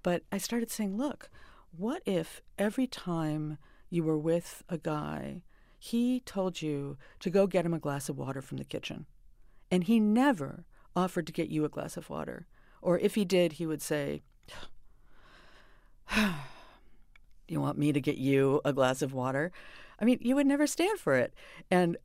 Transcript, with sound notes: But I started saying, look, what if every time you were with a guy he told you to go get him a glass of water from the kitchen?
And he never offered to get you a glass of water. Or if he did he would say, (sighing) you want me to get you a glass of water? I mean, you would never stand for it.